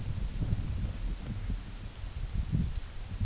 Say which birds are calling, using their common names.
none